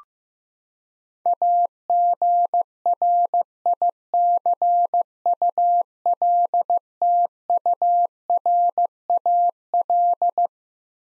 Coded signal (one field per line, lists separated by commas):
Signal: Morse code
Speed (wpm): 15 wpm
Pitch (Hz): 700 Hz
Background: none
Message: AGRICULTURAL